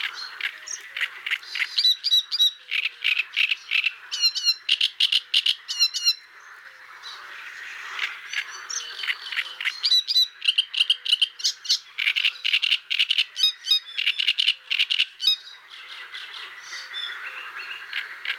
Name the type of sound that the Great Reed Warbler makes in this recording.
song